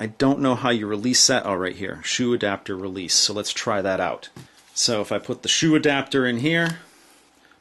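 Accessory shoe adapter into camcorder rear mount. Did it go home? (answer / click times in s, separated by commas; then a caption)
yes / 7.5 s. A plastic accessory shoe adapter is pushed into its slot on the rear mount of a Panasonic HC-VX870 4K Ultra HD flash memory camcorder while someone talks. At 7.5 s, two quick soft clicks sound close together, and the adapter seats fully in place.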